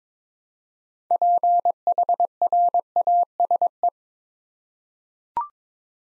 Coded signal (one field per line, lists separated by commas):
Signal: Morse code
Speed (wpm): 22 wpm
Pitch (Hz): 700 Hz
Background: none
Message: PHRASE